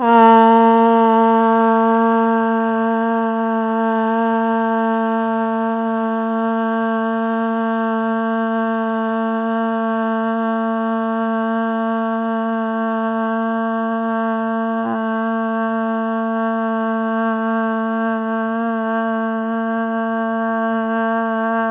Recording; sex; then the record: sustained vowel /a/; female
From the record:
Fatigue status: fatigue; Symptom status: symptomatic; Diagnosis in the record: COVID-19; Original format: 3gp